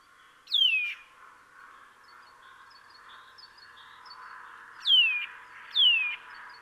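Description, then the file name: Eurasian nuthatch calls, three sharp descending whistled notes, one early and two close together later, over a rushing background noise. "Sitta europaea"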